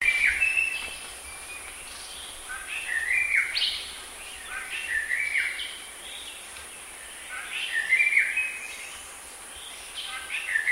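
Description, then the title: Bird singing repeated warbling phrases of slurred, sliding notes every couple of seconds, with a constant high-pitched insect whine throughout. "burung"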